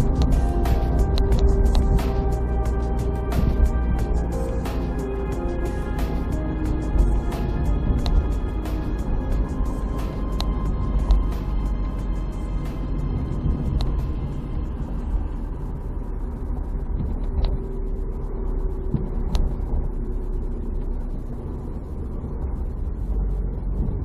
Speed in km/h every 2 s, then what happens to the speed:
43, 43, 41, 39, 39, 36, 32, 29, 26, 24, 24, 22.
0-24 slows to 22.